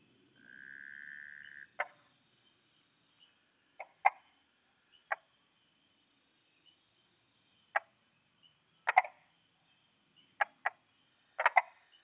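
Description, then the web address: Tree frog calls as sharp, scattered clicks and short pulses, with a steady mid-pitched hum early on and a faint high tone running throughout. Taiwan. "Tree frog of Taiwan"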